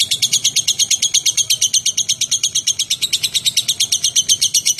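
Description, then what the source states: Lovebird song: steady, rapid, shrill pulsed chirping kept up at an even pace for the whole stretch. Described with the term 'konslet'.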